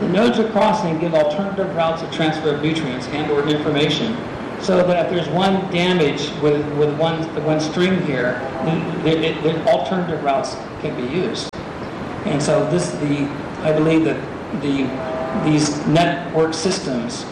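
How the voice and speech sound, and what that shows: Adult male speaker with stuttering, heard as word repetitions and prolonged, blocked sounds at word starts. The stuttering is a profound, long-standing habit of many years, still present though much milder after years of speech therapy, and is linked to a malformation of a series of neurons during his mother's pregnancy.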